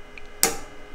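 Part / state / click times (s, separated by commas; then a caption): bobbin case into embroidery machine rotary hook / seated / 0.4 s. A bobbin case is pushed into the rotary hook of an embroidery machine, fitting only one way thanks to an insert. A faint tick comes at 0.2 s, then a sharp, bright click at 0.4 s as the case seats securely.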